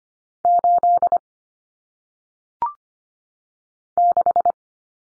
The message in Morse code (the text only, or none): 8 6